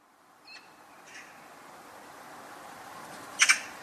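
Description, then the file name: Eurasian magpie calls: two faint calls early on, then a louder pair of grating, chattering squawks near the end followed by one more. "Pica pica"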